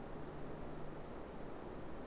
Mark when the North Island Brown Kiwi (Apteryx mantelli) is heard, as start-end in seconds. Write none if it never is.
none